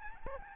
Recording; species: mosquito wingbeat signal from an infrared sensor; Aedes albopictus